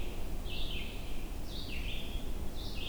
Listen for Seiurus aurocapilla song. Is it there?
no